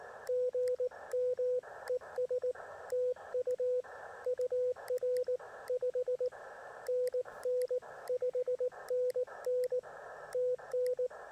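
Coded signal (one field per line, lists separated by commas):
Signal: Morse code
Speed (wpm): 19 wpm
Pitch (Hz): 500 Hz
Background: none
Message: GM ES TU UR 5NN 5NN TN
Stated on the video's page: POTA CW activation, QRP portable, likely Penntek rig with Bioenno battery and end-fed half-wave antenna.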